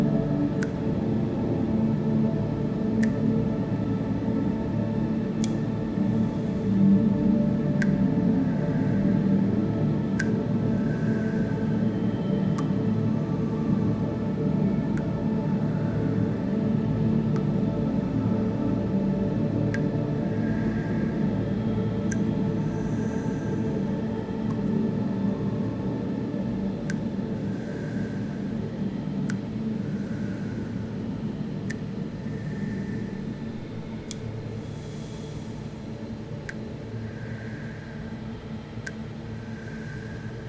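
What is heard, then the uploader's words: Room tone: a steady low hum and rumble with a faint hiss above, holding nearly constant and easing slightly quieter toward the end. Small soft ticks and brief higher chirps appear every few seconds throughout. The piece "Room" combines room tones sampled from several films, sfx libraries, with field recordings of other rooms and spaces. These sound sources are processed to highlight the various inherent or imagined states of dramatic narrative possible with their acoustic properties.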